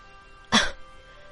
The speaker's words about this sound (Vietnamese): Nàng suy yếu mà ho nhẹ hai tiếng.